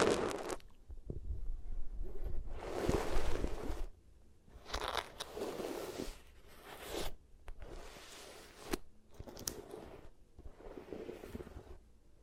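Scratchy rubbing against the ears comes in rough bursts every one to two seconds, crunchy and bright, with a low rumble beneath.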